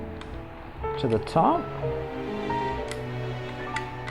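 While reattaching the claw assembly on an arcade claw machine, the plastic top piece is handled and pressed down toward the claw cap, leaving room for the coil cord. Someone talks over background music, with brief handling ticks near 0.2, 2.9 and 3.8 seconds. The top piece has not clicked into place yet.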